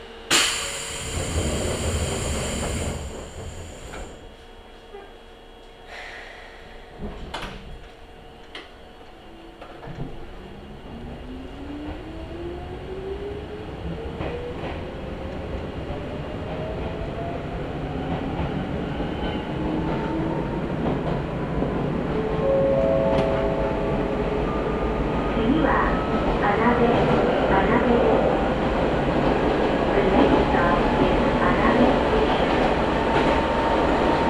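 Ride aboard an Izuhakone Railway Daiyuzan Line train as it pulls away between Anabe, Tsukahara and Gohyakurakan. A brief burst of sound opens, then the motor whine rises steadily in pitch from about ten seconds as the train accelerates, with rumbling wheels and growing loudness.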